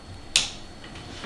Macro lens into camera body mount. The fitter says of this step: that tells you that the lens is locked into position